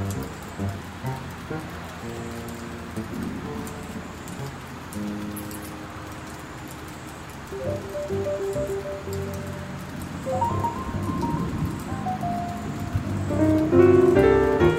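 Slow piano music plays over a steady wash of rain, with sustained low notes and gentle chords changing every couple of seconds. The hiss stays constant throughout, and the piano grows fuller and louder toward the end, with a brighter figure near the last seconds.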